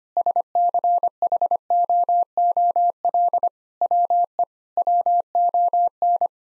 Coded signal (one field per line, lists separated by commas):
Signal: Morse code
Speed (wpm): 25 wpm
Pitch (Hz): 700 Hz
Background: none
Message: SCHOOL WE WON